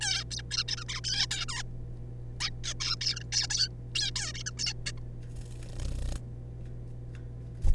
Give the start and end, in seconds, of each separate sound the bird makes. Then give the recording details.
0.01-0.24, 0.31-0.42, 0.51-0.64, 0.68-0.77, 0.77-0.85, 0.89-1.00, 1.04-1.26, 1.31-1.45, 1.49-1.63, 2.41-2.50, 2.64-2.74, 2.80-2.96, 3.01-3.19, 3.20-3.24, 3.32-3.47, 3.50-3.68, 3.95-4.11, 4.16-4.32, 4.34-4.43, 4.46-4.51, 4.57-4.73, 4.86-4.92, 4.98-5.00. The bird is a juvenile. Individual R3549